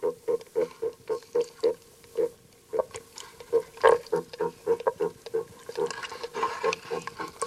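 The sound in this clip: Common frog giving rapid soft grunts, roughly three each second, uneven, with a few louder croaks mixed in.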